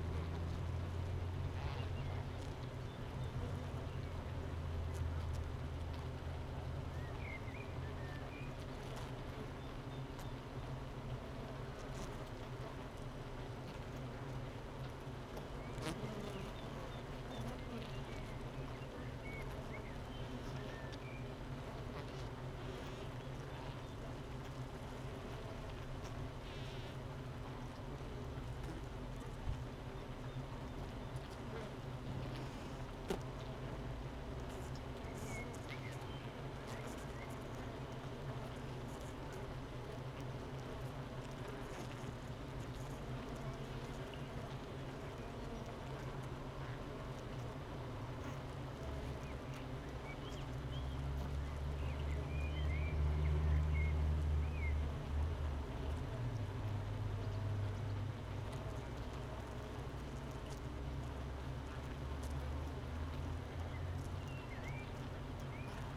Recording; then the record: honeybee colony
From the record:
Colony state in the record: missing queen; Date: 31 May 2018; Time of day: 8:24